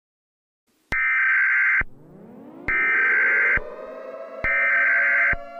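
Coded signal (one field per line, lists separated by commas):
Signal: Emergency Alert System (SAME) tones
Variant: header bursts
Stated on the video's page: Fictional EAS scenario about a radioactive outbreak; simulated alert, not a real broadcast.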